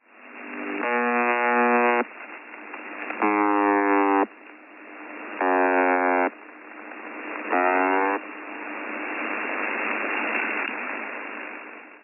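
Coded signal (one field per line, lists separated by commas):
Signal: channel marker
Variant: UVB-76 (The Buzzer)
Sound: four harsh, low, roughly one-second buzzes about two seconds apart, with hiss between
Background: radio static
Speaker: it's obviously used as a channel marker during the years of activity its core signing even the pitch of the buzzing has changed many times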